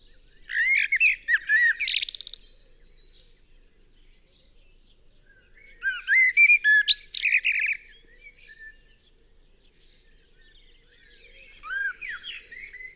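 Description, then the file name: Common blackbird singing three separate phrases, the first two each a low fluted warble that breaks into a high, squeaky twitter, with long quiet pauses between them. "Turdus merula 180718"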